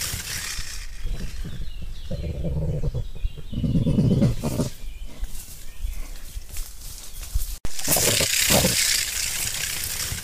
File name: ISTRICE CRESTATO Histrix cristatus